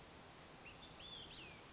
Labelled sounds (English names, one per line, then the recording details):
Olive-sided Flycatcher
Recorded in Sonoma County, California